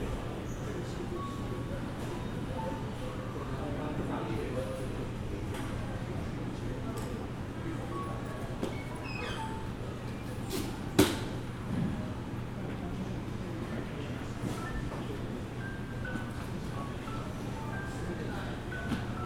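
At Songshan Airport, a steady low hum and murmur fill the whole stretch, with a constant droning tone underneath and faint voices mixed in. Small clicks and clatters come through here and there, and one sharp knock lands around eleven seconds.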